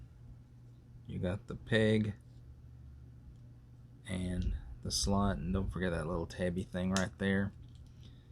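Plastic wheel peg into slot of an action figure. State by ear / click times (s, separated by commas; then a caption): not seated / none. A plastic wheel peg of a Transformers War for Cybertron Kingdom Rodimus Prime action figure is being handled toward its slot, next to a small tab. Someone talks through most of the clip over a quiet background. The peg has not seated or clicked yet.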